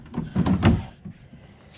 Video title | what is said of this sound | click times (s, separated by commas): I picked the 3 Waters Big Fish 105😀 | you can stand up and use this as a leaning post if you want to and then it just snaps | 0.7 s